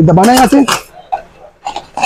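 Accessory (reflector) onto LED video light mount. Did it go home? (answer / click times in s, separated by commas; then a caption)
yes / 2.0 s. Someone talks while pressing the release button and pushing an accessory, likely a reflector, onto the mount of a ZSYB 200W LED video light. Short clicks at 1.7 s and 1.8 s lead to a louder snap at 2.0 s, when the accessory seats and locks onto the mount.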